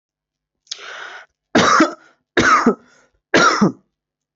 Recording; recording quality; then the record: heavy voluntary cough; excellent, no background noise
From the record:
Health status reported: healthy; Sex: male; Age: 25 years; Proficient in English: yes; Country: India